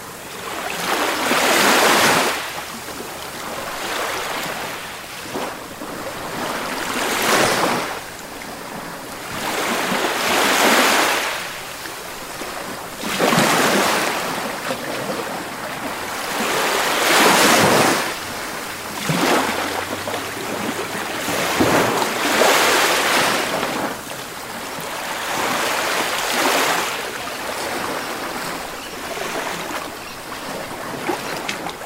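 Ocean waves crash against the base of a cliff, each one swelling into a bright roaring wash every few seconds before easing back. The surf sounds continuous, with a steady hiss between breakers and some wind buffeting underneath.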